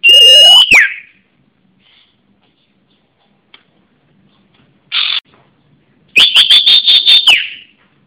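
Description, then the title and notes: Bird song with a swooping whistled note, a brief buzzy burst, then a rapid stuttering trill of high notes, separated by silent gaps. "Kicau Burung Lengkap"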